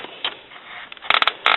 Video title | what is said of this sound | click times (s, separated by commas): CIS Sublimation Ink System For Epson WF-7110, WF-7610, WF-7620, WF-3640, WF-3620 Printers | to hear all the clicking | 1.1 s, 1.5 s